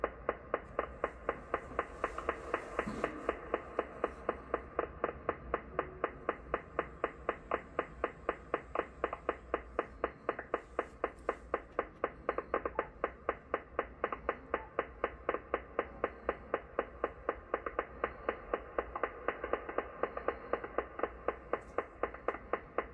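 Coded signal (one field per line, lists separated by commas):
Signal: radar signal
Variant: over-the-horizon radar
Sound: steady rapid clicking or ticking, about four pulses per second, throughout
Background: radio static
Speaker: this is a radar very strong signal for a radar 194 50ish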